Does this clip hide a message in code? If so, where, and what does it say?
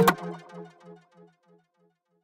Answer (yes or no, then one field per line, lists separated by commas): no